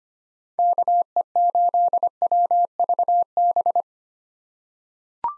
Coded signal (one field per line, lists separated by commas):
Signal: Morse code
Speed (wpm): 25 wpm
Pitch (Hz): 700 Hz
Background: none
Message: KE8WVB